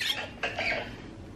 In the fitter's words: that sound that's how you know it's locked into place and